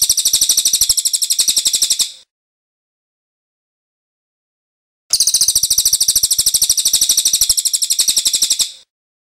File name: suara cililin